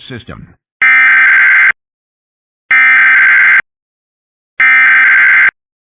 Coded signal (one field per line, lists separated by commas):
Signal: Emergency Alert System (SAME) tones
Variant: header bursts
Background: speech